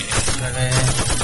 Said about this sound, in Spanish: Balazo, no cañonazo, sordo.